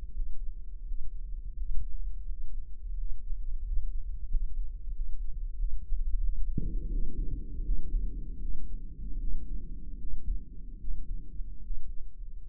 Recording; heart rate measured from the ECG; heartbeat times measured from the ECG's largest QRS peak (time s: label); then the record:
heart sounds by microphone in the right ear; 83 bpm
0.10 s: heartbeat
0.82 s: heartbeat
1.53 s: heartbeat
2.25 s: heartbeat
2.94 s: heartbeat
3.61 s: heartbeat
4.27 s: heartbeat
4.91 s: heartbeat
5.55 s: heartbeat
6.20 s: heartbeat
6.88 s: heartbeat
7.62 s: heartbeat
8.38 s: heartbeat
9.16 s: heartbeat
9.96 s: heartbeat
10.77 s: heartbeat
11.59 s: heartbeat
12.42 s: heartbeat
From the record:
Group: healthy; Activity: breath hold 0-8 s, rest 8-13 s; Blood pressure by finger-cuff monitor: 105/63 mmHg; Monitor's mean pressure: 76 mmHg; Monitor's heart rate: 83 bpm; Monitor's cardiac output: 8.1 L/min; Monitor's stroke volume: 93 mL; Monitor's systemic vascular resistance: 640 dyn s/cm5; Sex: male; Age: 23 years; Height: 178 cm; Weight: 96.6 kg